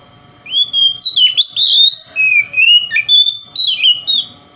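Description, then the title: Oriental magpie-robin singing loud, varied whistled phrases, sliding up and down with quick rising and falling notes in a continuous rich stream. Local name kacer; song style called konslet, said to affect other magpie-robins. "Kacer Konslet Bikin Kacer Lain"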